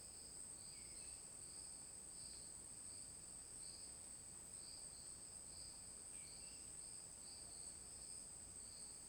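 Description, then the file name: Crickets trilling in repeated high pulses against a steady whining drone, with occasional short bird chirps underneath. Forest ambience; crickets with an isolated bird song. "Ambiente na floresta com grilos e canto de passaro isolado"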